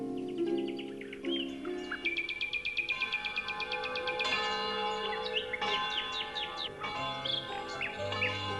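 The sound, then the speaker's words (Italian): Church bells ring steadily in the valley, their sustained tones layered and overlapping, while birds chirp and trill brightly over them in quick repeated bursts throughout. “Quando Heidi si svegliò nella baita del nonno, nella valle suonavano le campane e gli uccellini cantavano felici.”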